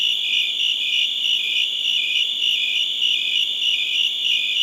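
Crickets chirping in a dense, steady high-pitched chorus, pulses repeating rapidly with a constant trilling drone underneath and no other clear sounds.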